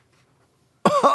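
After a silent pause, an adult man gives two quick voiced cough bursts, an imitated 'oho oho' cough, the kind of test cough made when wondering whether one is catching a cold.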